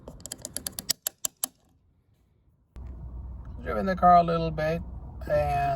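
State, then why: Torque reached. A plastic gas cap is screwed back onto a car's fuel filler neck and turned until its torque-limiting ratchet clicks, tightened until three clicks are heard so it is fully tight. A rapid series of sharp ratchet clicks sounds at 0.6, 0.7, 0.9, 1.1, 1.3 and 1.4 seconds, followed by a short silence and then someone talking.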